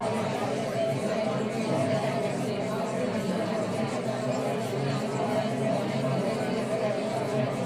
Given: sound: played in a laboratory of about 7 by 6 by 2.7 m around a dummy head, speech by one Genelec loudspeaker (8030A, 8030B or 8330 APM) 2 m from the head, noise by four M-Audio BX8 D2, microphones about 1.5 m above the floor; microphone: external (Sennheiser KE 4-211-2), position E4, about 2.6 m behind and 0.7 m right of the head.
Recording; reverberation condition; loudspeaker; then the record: babble noise; low; four, about 170 cm from the corners of the room and facing them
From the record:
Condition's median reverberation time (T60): about 310 ms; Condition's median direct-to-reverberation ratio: about 3.5 dB